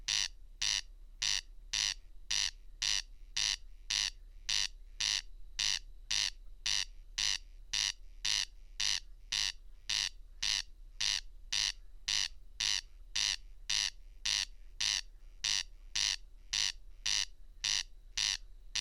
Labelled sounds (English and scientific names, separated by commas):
Corn Crake (Crex crex) song